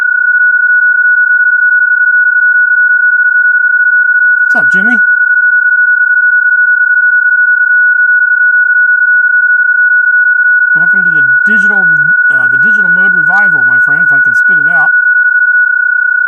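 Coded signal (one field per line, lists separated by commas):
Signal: PSK31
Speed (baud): 31.25 baud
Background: speech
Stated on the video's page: PSK31 sent from home in an RV during a Digital Mode Revival live stream.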